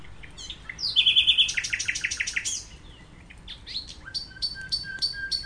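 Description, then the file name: Common nightingale song: a fast series of repeated notes, then varied chirps and a string of high piping notes repeated in quick succession. "Usignolo"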